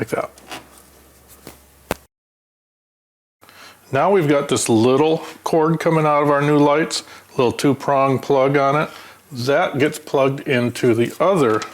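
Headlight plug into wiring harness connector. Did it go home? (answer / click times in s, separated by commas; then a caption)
yes / 1.9 s. The plug from new LED projector headlights for an FJ Cruiser is pushed into the plastic connector of the new wiring harness, with its small locking tab lined up. A sharp click at 1.9 s marks the connector seating. After a short silence, someone talks.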